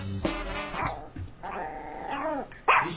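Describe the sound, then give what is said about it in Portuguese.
A Yorkshire terrier barks and growls in short bursts, with sharp high-pitched yaps mixed with rumbling snarls, ending in a louder bark. “Esse é o Yorkshire.”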